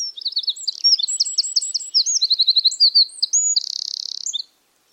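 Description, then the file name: Eurasian wren song: a rapid, explosive string of high trills, whistles and a buzzy rattle, about four and a half seconds long. "Troglodytes troglodytes"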